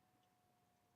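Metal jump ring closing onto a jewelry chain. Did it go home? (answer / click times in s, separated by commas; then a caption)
no / none. A small metal jump ring on a jewelry chain is being handled and twisted back sideways so its ends can meet. Only a faint, steady low hiss with a thin constant tone is heard, with no distinct click. Nothing has seated or clicked yet.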